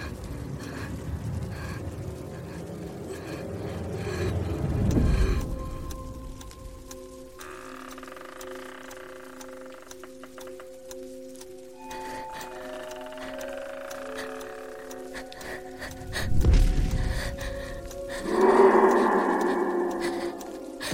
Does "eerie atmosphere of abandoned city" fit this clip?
yes